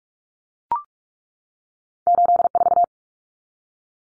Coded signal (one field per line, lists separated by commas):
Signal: Morse code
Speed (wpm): 44 wpm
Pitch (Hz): 700 Hz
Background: none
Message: 84